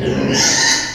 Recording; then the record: squeal of a Yucatan mini pig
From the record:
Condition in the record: before surgery on the right vocal fold (resection and tissue-engineered implant); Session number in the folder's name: 2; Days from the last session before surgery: 0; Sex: male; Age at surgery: 12 weeks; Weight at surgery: 13 kg